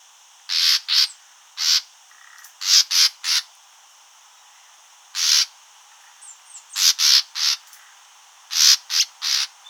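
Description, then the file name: Common nightingale calling with loud, rough rasping notes in short groups. "Luscinia megarhynchos"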